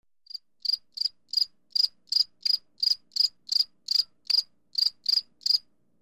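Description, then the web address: Cricket chirping, short pulsed chirps repeated about every 0.4 seconds with steady rhythm and nothing else audible. "le son du grillon"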